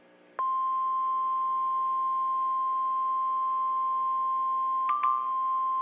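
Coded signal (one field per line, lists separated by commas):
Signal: Emergency Alert System (SAME) tones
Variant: 1050 Hz attention tone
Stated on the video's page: Fictional EAS scenario.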